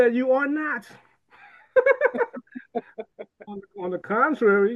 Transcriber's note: laughs